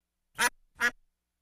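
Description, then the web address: Duck quacking: two short, harsh, nasal quacks in quick succession, with silence around them. "Technology sounds Duck quack"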